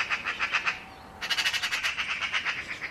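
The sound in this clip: Magpie chattering: a harsh, rapid run of rattling notes, a pause of about half a second, then a longer burst of the same dry chatter.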